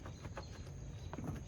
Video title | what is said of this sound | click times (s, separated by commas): 1999-2005 Pontiac Grand Am Front Turn Bulb Replacement | If it don't go in all the way, it won't lock down. In this case, it didn't lock down. | none